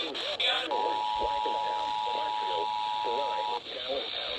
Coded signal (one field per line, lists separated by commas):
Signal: Emergency Alert System (SAME) tones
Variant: 853 and 960 Hz attention tone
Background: speech